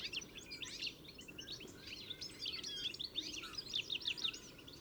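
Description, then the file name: European goldfinch twittering, quick liquid chirps from several birds jumbled together, with a faint background hum. "Carduelis carduelis"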